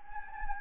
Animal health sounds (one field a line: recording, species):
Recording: mosquito wingbeat signal from an infrared sensor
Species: Anopheles gambiae